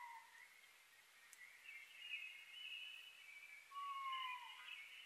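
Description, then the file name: Oriental scops owl: a short falling whistle from an Oriental scops owl at the start and a longer one near the end, beneath a steady shrill chorus. Recorded 21 May 2011 at 19:12; Japanese name konohazuku. "DH-D 50-konohazuku-20110521-1912"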